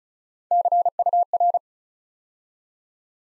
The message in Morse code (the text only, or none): CUR